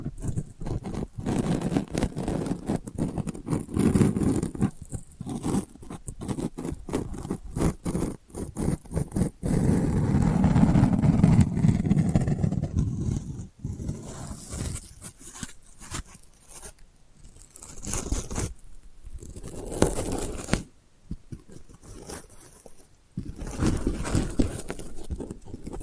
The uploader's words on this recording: ASMR Delicate Scratching for Sleep (No Talking).